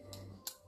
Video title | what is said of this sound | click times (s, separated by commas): diamandscar | Non, ça se clipse dessus. Voilà, c'était moins beau. | 0.1 s, 0.5 s